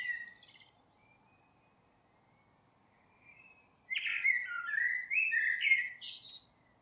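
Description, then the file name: Eurasian blackbird: a brief high twitter, a pause with faint soft notes, then a long, rich, fluting warbled phrase closing in high squeaky notes. "Turdus merula"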